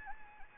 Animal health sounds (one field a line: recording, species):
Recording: mosquito wingbeat signal from an infrared sensor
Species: Anopheles gambiae